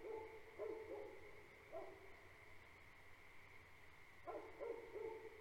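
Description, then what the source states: Great Pyrenees barking in a quick series of several deep barks early on, a pause, then another short burst, set against a constant high frog chorus. Two livestock guardian dogs on a farm at night, barking for the first five minutes and periodically afterward; frog chorus in background; recorded March 2021.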